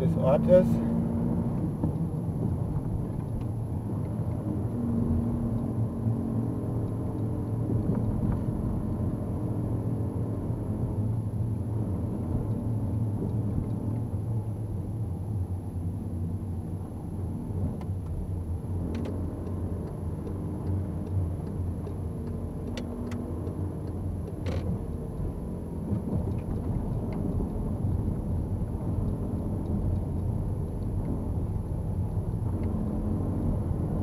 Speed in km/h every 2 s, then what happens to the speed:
33, 27, 26, 25, 25, 24, 23, 20, 18, 18, 17, 18, 15, 15, 15, 14, 19.
0-16 slows to 18. 16-34 steady at about 17.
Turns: none.